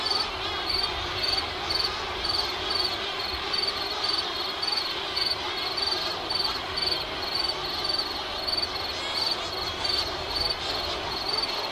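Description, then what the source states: High cricket chirps repeating at an even pace over a persistent background hiss. Crickets on an island.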